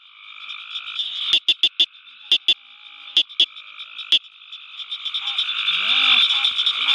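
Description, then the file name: Southern cricket frog calling with sharp high clicks, some in quick pairs and threes, over a steady high chorus hum; a louder hiss and sweeping tones build near the end. "Acris gryllus call"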